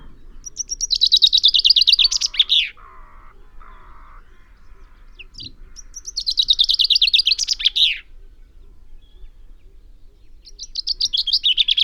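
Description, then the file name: Common chaffinch song: two bright, rattling descending phrases ending in a flourish, about five seconds apart, then the start of a third, with lower notes from another bird between. "Fringilla coelebs"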